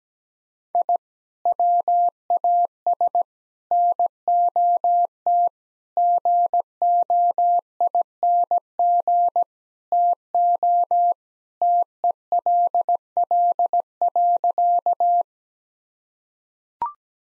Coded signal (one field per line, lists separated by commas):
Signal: Morse code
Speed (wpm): 17 wpm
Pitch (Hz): 700 Hz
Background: none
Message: I WAS NOT GOING TO TELL.